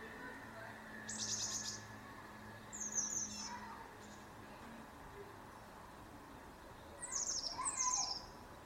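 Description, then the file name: Eurasian blue tit giving several short bursts of high, fast, thin notes over steady background hiss. "Cyanistes caeruleus"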